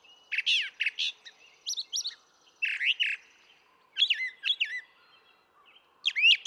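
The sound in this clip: Brown thrasher song: a run of loud, varied phrases, each burst given twice in quick pairs, mixing rich slurred notes and harsh chips, with short pauses between.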